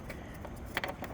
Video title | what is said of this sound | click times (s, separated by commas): 2018 Subaru Impreza Lasfit LED High Beam & Low Beam Installation Guide | push it in until it clicks. Now | 0.8 s